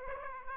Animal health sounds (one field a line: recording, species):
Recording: mosquito wingbeat signal from an infrared sensor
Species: Aedes aegypti